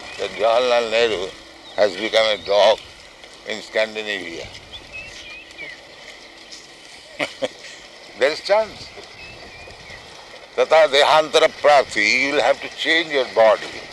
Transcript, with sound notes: that Jawaharlal Nehru has become a dog in Scandinavia. [laughs] There is chance. Tathā dehāntara-prāptiḥ. You will have to change your body.